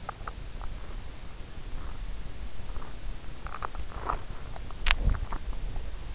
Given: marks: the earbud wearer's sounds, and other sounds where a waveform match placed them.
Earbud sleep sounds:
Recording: sounds in sleep by an in-ear microphone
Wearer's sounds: swallowing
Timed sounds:
0.00-0.64 s: swallowing
2.67-3.04 s: swallowing
3.12-4.31 s: swallowing
4.73-5.58 s: swallowing

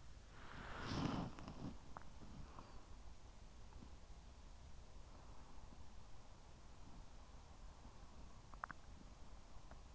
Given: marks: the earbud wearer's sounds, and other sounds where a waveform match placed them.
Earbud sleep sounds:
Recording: sounds in sleep by an in-ear microphone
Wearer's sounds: body movement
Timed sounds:
0.00-5.80 s: body movement

